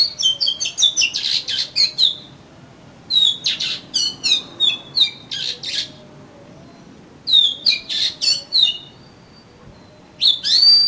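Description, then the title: Oriental magpie-robin delivering rapid bursts of crisp chirps and whistled notes in several energetic phrases with brief pauses between them. "Kacer Kacer"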